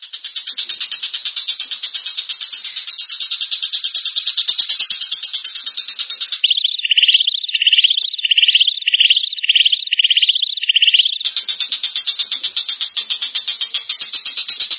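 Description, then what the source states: Long-tailed shrike song: a fast buzzy trill that breaks into a run of repeated upslurred whistled notes midway, then returns to the harsh rapid trill. Combination (kombinasi) song style, used for training songbirds.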